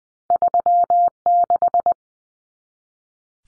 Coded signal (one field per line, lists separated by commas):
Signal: Morse code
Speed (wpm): 20 wpm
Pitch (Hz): 700 Hz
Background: none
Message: 36